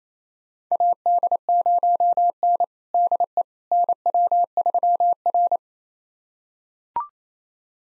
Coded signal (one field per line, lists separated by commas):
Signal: Morse code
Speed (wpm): 28 wpm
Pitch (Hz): 700 Hz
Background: none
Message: AD0N DE NW3R